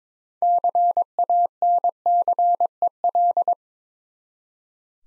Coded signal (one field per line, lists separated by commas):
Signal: Morse code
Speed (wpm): 22 wpm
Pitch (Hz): 700 Hz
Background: none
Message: CANCEL